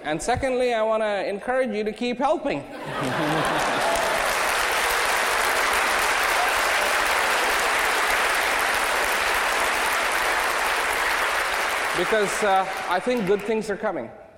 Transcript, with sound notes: and secondly I wanna encourage you to keep helping, (applause) because uh I think good things are coming.